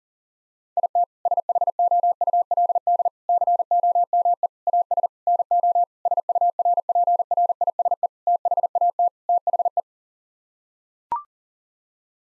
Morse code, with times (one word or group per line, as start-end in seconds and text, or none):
0.8-1.0 IT
1.3-3.1 SHOULD
3.3-4.5 COME
4.7-5.1 AS
5.3-5.8 NO
6.1-8.1 SURPRISE
8.3-9.1 THAT
9.3-9.8 THE